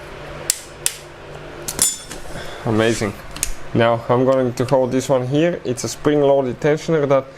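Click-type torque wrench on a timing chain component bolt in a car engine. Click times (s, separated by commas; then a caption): 0.5 s. A click-type torque wrench tightens a bolt on a timing chain component in a Hyundai Tucson engine during timing chain replacement and gives a sharp click at 0.5 s as it reaches its set value. More short metallic clicks and taps follow near 0.9, 1.7 and 1.8 s, then someone talks.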